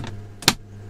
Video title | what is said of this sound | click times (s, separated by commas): First Weeks Of Full-Time Vanlife In Spain & Things Are BREAKING! - At Least It’s Beautiful | can hear it click yeah yeah | 0.5 s